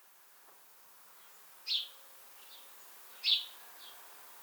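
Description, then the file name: House sparrow chirps: two short, bright notes about a second and a half apart, each followed by a fainter chirp, over a quiet background. "Passer domesticus"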